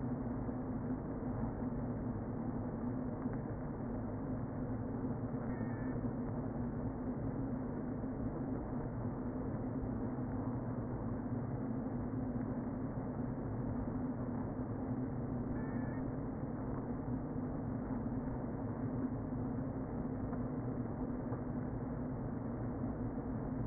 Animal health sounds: honeybee colony, microphone inside the hive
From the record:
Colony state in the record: queen present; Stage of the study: before two queens were removed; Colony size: about 60,000 bees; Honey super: yes

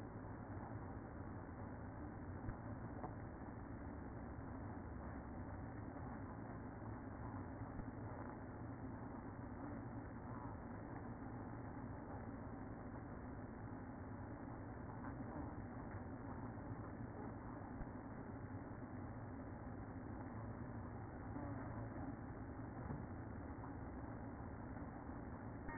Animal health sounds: honeybee colony, microphone inside the hive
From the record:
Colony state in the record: queen present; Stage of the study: after two queens were removed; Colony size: about 60,000 bees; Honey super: yes

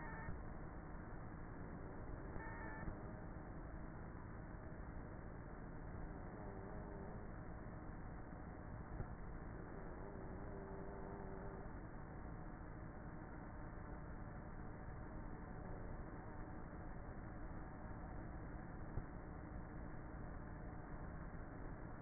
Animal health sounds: honeybee colony, microphone inside the hive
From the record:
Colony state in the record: queenless with a low population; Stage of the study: before two queens were removed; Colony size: about 30,000 bees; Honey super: no

